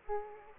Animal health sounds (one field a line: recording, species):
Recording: mosquito wingbeat signal from an infrared sensor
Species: Aedes aegypti